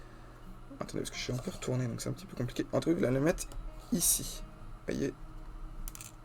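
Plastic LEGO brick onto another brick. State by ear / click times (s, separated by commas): not seated / none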